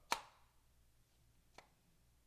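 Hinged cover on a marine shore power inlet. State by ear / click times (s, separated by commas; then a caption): released / 0.1 s. A quick turn is given to the spring-loaded hinged cover of a Marinco 30A 125V marine-grade shore power inlet (303SSEL-B), and it pops open with a sharp, bright snap at 0.1 s. A fainter, shorter tick follows at 1.6 s over a low hum, and the cover is released open.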